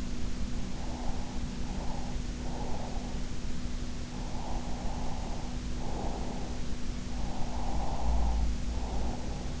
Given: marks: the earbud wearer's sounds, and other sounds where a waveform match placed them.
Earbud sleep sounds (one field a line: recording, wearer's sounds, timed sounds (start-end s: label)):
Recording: sounds in sleep by an in-ear microphone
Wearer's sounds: breath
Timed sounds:
0.75-3.20 s: breath
3.92-6.60 s: breath
7.16-9.60 s: breath